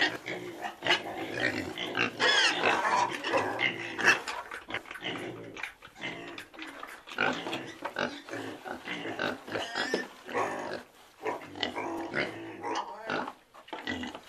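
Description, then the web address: Pig grunting and squealing in rapid, irregular harsh bursts, almost continuously throughout. "bages. porc"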